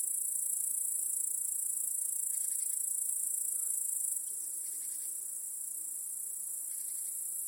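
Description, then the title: Crickets trill continuously, high and thin, joined by a few short buzzy bursts at a lower pitch. Cricket chorus in a home backyard at night. "Crickets in Your Backyard. Discovering the Sounds of Home"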